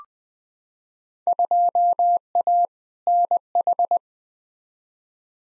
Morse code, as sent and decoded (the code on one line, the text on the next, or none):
..--- .- / -. ....
2A NH